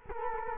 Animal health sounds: mosquito wingbeat signal from an infrared sensor; Culex quinquefasciatus

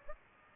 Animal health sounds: mosquito wingbeat signal from an infrared sensor; Aedes aegypti

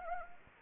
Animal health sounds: mosquito wingbeat signal from an infrared sensor; Anopheles arabiensis

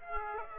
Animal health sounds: mosquito wingbeat signal from an infrared sensor; Aedes aegypti

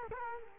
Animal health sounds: mosquito wingbeat signal from an infrared sensor; Culex quinquefasciatus

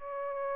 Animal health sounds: mosquito wingbeat signal from an infrared sensor; Aedes aegypti

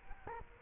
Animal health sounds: mosquito wingbeat signal from an infrared sensor; Culex quinquefasciatus

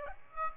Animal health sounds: mosquito wingbeat signal from an infrared sensor; Aedes aegypti

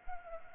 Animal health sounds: mosquito wingbeat signal from an infrared sensor; Culex pipiens

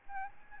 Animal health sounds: mosquito wingbeat signal from an infrared sensor; Aedes albopictus

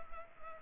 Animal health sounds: mosquito wingbeat signal from an infrared sensor; Culex pipiens

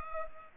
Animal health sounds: mosquito wingbeat signal from an infrared sensor; Culex pipiens

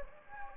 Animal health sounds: mosquito wingbeat signal from an infrared sensor; Anopheles gambiae

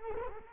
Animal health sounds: mosquito wingbeat signal from an infrared sensor; Culex quinquefasciatus

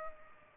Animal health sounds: mosquito wingbeat signal from an infrared sensor; Culex pipiens

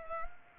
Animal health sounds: mosquito wingbeat signal from an infrared sensor; Culex pipiens

